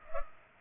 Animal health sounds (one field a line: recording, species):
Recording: mosquito wingbeat signal from an infrared sensor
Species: Culex pipiens